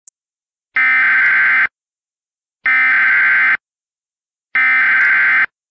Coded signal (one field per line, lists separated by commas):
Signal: Emergency Alert System (SAME) tones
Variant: header bursts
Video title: *VALID TONES* A Collision To Repeat (EAS Scenario)